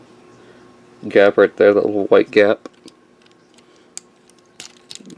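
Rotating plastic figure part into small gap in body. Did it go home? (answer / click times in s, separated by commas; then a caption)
yes / 4.0 s. A part of a plastic Transformers Masterpiece Prowl robot figure (Toys R Us Exclusive) is rotated all the way down into a small white gap in its body during transformation. Someone talks first, then a sharp click is heard at 4.0 s as the part seats into the gap, followed by a few light handling taps.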